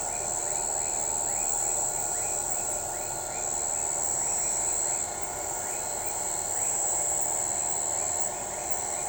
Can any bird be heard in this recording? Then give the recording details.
no. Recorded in shrubland near Pivijay, Magdalena, Colombia, on 16 April 2023 at 02:30. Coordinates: 10.453, -74.365. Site P5-G022